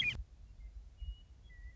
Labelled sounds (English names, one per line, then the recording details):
Western Meadowlark
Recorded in Sonoma County, California